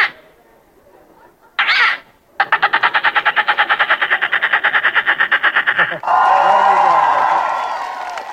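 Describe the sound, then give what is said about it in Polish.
A contestant at the first Polish Championships in bird imitation imitates a grey heron with a harsh, rapidly pulsing rasp lasting several seconds after a short breathy burst, then a loud wash of crowd cheering and applause follows. “Jaki ptak? Czapla siwa.”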